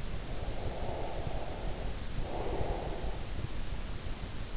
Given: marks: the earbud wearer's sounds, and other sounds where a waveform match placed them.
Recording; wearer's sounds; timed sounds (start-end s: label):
sounds in sleep by an in-ear microphone; breath
0.06-3.45 s: breath